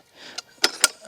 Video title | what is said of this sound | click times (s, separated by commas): Rock and Rocker Electric Tiller | so do that it'll snap into place pushing it forward is | 0.6 s, 0.8 s